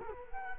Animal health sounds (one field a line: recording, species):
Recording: mosquito wingbeat signal from an infrared sensor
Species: Culex quinquefasciatus